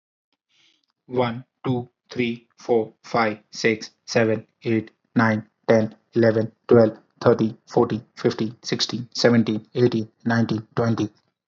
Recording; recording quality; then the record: counting at a normal pace; excellent, no background noise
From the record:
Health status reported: healthy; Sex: male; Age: 30 years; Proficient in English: yes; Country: India